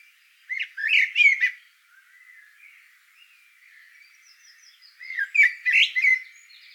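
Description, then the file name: Eurasian blackbird song: a loud warbled phrase with squeaky high notes, quiet soft twitters, then a second similar phrase about four seconds later. "Turdus merula"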